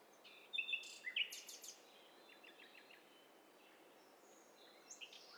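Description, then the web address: Assorted birds give brief high chirps near the start, then a quick stuttered series of ticks, then mostly hiss with faint calls at the end. Mixture of several overlapping birds, in stereo. "Hi Fi STEREO BIRD COCKTAIL PARTY Challenge HDBird Cocktail Party"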